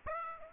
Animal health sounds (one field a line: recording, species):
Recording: mosquito wingbeat signal from an infrared sensor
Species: Aedes aegypti